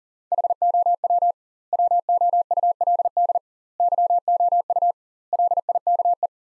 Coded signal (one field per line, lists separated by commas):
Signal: Morse code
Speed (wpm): 37 wpm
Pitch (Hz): 700 Hz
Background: none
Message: HOW WOULD YOU LIKE